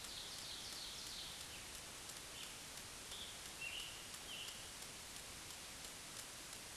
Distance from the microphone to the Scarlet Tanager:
about 55 m